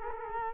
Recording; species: mosquito wingbeat signal from an infrared sensor; Culex quinquefasciatus